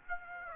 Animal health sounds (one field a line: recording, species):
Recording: mosquito wingbeat signal from an infrared sensor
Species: Aedes aegypti